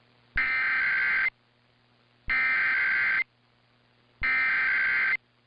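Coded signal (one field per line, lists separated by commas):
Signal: Emergency Alert System (SAME) tones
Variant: header bursts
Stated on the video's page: Monthly EAS tests from Riverside/San Bernardino, Victor Valley and San Diego; the San Diego one had no message.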